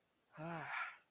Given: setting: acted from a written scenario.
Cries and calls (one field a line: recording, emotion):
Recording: vocal sound without words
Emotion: relief